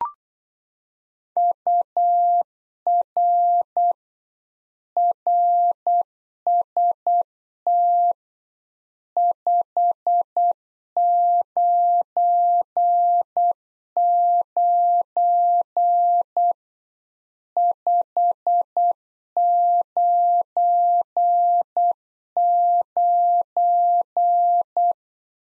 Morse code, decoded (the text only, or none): UR RST 599 599